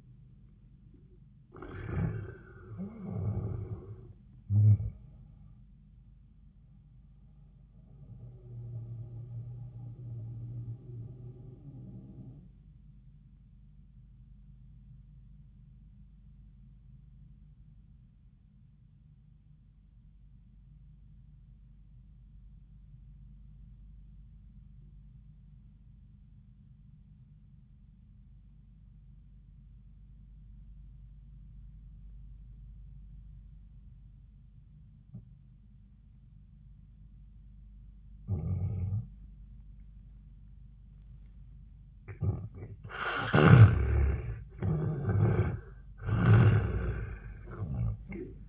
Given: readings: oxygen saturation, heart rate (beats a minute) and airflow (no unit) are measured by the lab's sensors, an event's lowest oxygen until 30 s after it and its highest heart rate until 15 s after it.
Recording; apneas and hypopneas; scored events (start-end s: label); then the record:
breathing in sleep by a smartphone at the bedside; 1
12.00-42.10 s: obstructive apnea (N1, oxygen 98% highest, then 80% lowest, heart rate 71 at the start, 91 highest)
15.00-45.00 s: new sleep stage, N2 (light sleep)
45.00-48.49 s: new sleep stage, N1 (lightest sleep)
From the record:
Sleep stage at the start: N1 (lightest sleep); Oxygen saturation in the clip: 76 to 98%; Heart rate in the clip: 71 to 93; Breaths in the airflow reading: 5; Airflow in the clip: -12.0 to 15.2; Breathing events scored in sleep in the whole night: 400 in 8.7 hours asleep